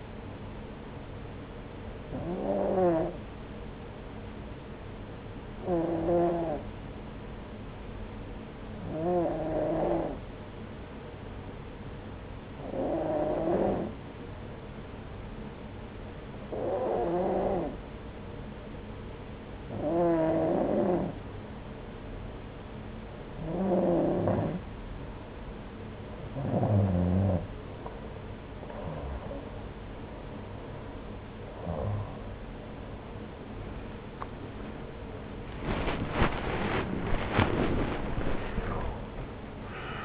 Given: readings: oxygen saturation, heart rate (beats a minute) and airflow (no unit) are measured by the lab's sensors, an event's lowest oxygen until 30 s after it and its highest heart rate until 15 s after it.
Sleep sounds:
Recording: breathing in sleep by a voice recorder at the bedside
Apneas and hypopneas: 1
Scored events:
5.00-30.20 s: hypopnea (N2, oxygen 93% highest, then 91% lowest)
32.00-40.05 s: new sleep stage, awake
39.00-40.05 s: awake
From the record:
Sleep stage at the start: N2 (light sleep)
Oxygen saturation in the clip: 91 to 93%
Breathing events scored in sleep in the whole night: 303 in 8.1 hours asleep

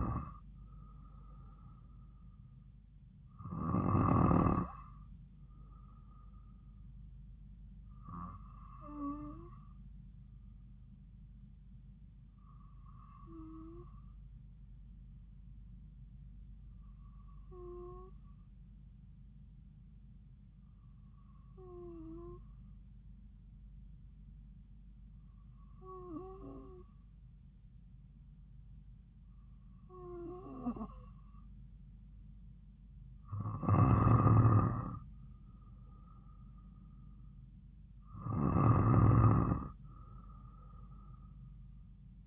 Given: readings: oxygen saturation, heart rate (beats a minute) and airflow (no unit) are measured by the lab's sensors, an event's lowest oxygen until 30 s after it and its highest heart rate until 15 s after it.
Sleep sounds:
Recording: breathing in sleep by a smartphone at the bedside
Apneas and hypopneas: 1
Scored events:
17.00-37.70 s: hypopnea (N2, oxygen 95% highest, then 92% lowest)
From the record:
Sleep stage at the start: N2 (light sleep)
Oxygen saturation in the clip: 92 to 95%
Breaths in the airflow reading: 10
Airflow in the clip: -3.5 to 3.4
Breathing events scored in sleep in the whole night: 270 in 6.1 hours asleep

